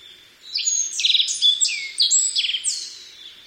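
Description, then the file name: Black-faced bunting song: one brisk, clear phrase of high varied notes mixing pure whistles, downslurs and dry buzzy trills, about two and a half seconds long. "aoji"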